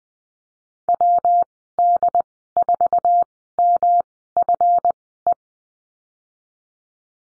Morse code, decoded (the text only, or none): WD4MFE